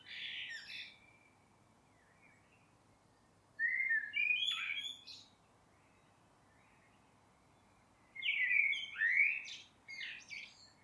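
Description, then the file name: Common blackbird singing melodious whistled phrases ending in high scratchy twitters, three phrases with long quiet pauses between. "Turdus merula"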